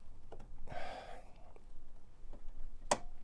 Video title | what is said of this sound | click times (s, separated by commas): #110 The i30 Needs A Bulb Changed | there's a click. | 2.9 s